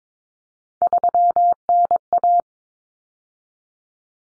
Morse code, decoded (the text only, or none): 3NA